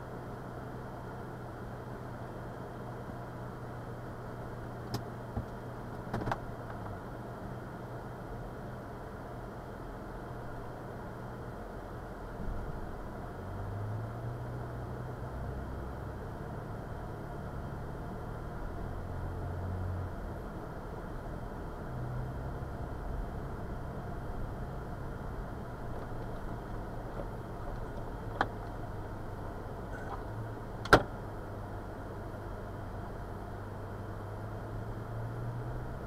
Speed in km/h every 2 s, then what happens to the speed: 0, 0, 0, 0, 0, 0, 0, 0, 0, 0, 0, 0, 0, 0, 0, 0, 0, 0.
0-36 standing.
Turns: none.